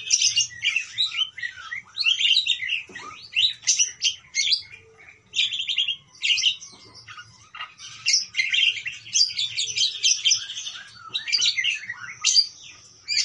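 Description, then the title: Parakeet chatter: continuous high twittering and scratchy squeaks in quick irregular bursts from start to finish. "Parkit"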